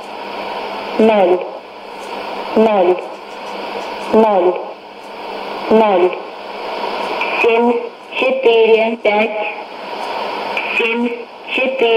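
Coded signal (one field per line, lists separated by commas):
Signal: numbers station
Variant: S06s Russian Lady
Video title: 31 05 2017 Numbers station S06s Russian Lady in Russian to Eu 0732 on 12110 unknown tx site in CUSB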